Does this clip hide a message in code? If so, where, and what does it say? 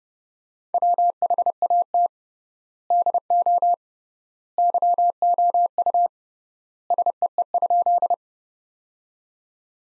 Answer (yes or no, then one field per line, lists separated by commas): yes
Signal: Morse code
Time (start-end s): 0.7-8.1 s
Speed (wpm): 31 wpm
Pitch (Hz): 700 Hz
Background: none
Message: WHAT DO YOU SEE?